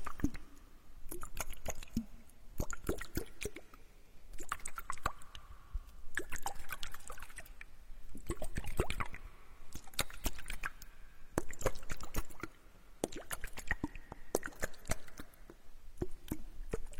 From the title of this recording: water flow sound picking ear spa